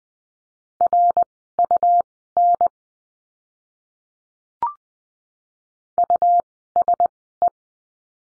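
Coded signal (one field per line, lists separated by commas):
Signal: Morse code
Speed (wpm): 20 wpm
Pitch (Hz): 700 Hz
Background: none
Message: RUN USE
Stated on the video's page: Morse code course lesson on letter U, words, Farnsworth speed 20/10 wpm.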